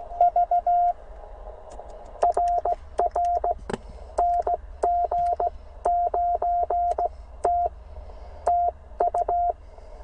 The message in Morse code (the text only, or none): V RR NG9T TU